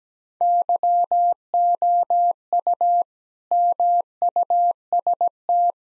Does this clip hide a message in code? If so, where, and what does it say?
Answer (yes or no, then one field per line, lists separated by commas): yes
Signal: Morse code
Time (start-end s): 0.4-5.7 s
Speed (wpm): 17 wpm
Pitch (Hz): 700 Hz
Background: none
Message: YOU MUST